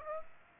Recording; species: mosquito wingbeat signal from an infrared sensor; Aedes aegypti